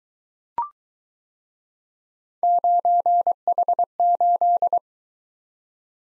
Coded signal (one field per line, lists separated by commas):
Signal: Morse code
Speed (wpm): 22 wpm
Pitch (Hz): 700 Hz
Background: none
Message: 9H8